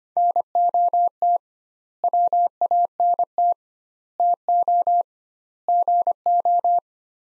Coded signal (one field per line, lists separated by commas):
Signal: Morse code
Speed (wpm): 25 wpm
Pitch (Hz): 700 Hz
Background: none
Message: NOT WANT TO GO